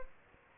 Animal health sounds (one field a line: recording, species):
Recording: mosquito wingbeat signal from an infrared sensor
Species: Aedes albopictus